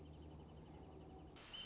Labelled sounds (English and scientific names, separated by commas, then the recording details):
Wrentit (Chamaea fasciata)
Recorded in Sonoma County, California